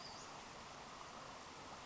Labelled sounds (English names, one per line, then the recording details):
Western Flycatcher
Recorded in Sonoma County, California